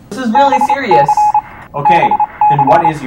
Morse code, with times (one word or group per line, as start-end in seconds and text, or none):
0.4-1.4 BC
1.9-2.9 BC